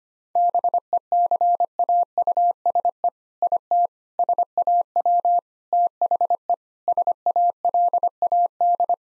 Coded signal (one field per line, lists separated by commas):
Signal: Morse code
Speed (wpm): 25 wpm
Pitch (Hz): 700 Hz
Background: none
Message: BECAUSE IT SAW THE SALAD